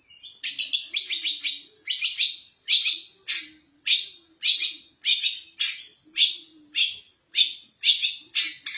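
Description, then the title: Long-tailed shrike song: steady series of harsh, scratchy chattering bursts repeated nearly twice a second. Champion competition bird, song recording. "Kicau Burung Cendet Juara"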